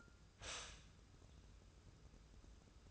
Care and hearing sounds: daily activity, microphone in the room; stop toaster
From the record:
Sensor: 2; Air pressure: 994.3 hPa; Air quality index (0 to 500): 203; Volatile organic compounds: 1000 ppm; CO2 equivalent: 6685 ppm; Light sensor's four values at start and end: 129/306/130/135 and 129/307/130/135

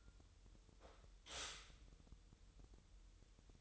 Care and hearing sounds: daily activity, microphone in the room; stop toaster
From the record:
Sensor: 3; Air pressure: 988.6 hPa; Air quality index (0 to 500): 197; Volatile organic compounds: 323 ppm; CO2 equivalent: 4529 ppm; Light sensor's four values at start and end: 23/72/30/26 and 23/72/30/26

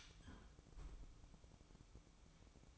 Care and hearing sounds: daily activity, microphone in the room; close fridge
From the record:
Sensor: 1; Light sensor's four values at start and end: 12/28/11/13 and 12/28/11/13

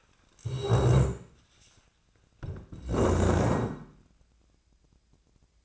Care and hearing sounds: daily activity, microphone in the room; stand up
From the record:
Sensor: 2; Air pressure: 1012.1 hPa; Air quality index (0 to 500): 158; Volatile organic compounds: 2 ppm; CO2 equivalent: 1159 ppm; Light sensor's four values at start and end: 78/175/81/95 and 41/102/45/51

